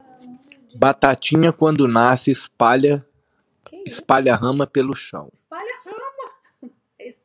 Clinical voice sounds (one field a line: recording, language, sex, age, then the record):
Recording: short text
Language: Brazilian Portuguese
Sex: male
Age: 40 to 49 years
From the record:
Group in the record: control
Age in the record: 46 years